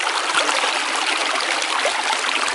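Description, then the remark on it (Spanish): The Amatitán River in the department of San Vicente flows steadily, its water rushing and babbling in a continuous hiss with bright splashy texture. No voices, just an even, unbroken wash of moving water. “Aunque hoy parece un apacible río, sus aguas guardan una historia llena de dolor.”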